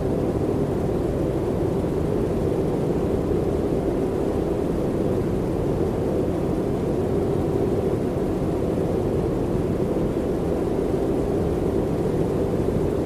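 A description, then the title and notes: Steady, dense rumbling noise, low and muffled like an engine or cabin drone, unchanging throughout with no distinct events. Organic White Noise For Sleeping.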